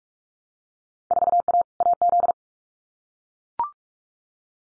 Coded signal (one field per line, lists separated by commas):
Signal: Morse code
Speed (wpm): 44 wpm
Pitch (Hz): 700 Hz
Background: none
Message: 4A AZ